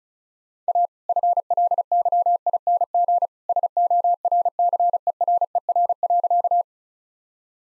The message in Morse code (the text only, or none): A FLYING SORCERER.